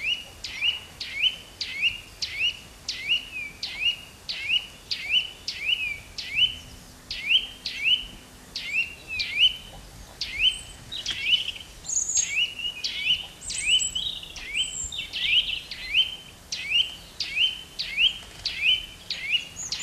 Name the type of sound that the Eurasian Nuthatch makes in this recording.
song